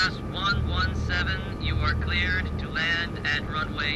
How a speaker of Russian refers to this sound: Ночь. Самолет входит в облачность.